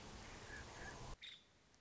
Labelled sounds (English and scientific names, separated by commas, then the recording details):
Nuttall's Woodpecker (Dryobates nuttallii)
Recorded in Sonoma County, California